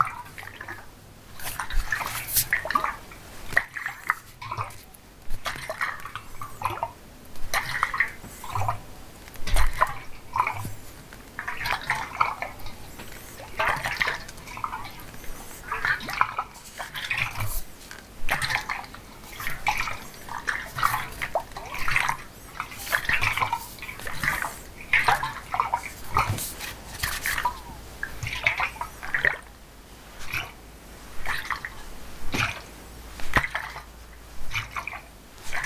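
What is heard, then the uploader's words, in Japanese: Water sounds throughout, with frequent irregular splashes and drips scattered across the whole clip, some sharp and bright, others softer. Beneath them runs a low steady hum, and the activity stays busy and uneven from start to finish. 水の音。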